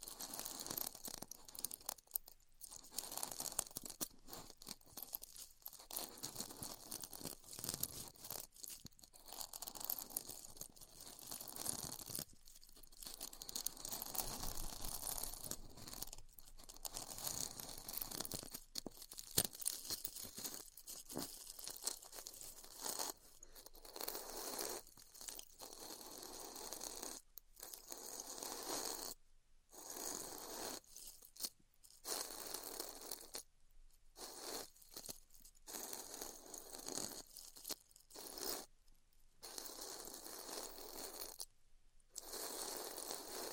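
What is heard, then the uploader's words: Styrofoam is cut with a hot tool, giving a dense, crackling hiss that is brightest in the upper range. It runs in bursts of uneven length, broken by frequent brief silences, with a rough, crunchy, tearing grain throughout. ASMR Styrofoam Heat Cutting (No Talking).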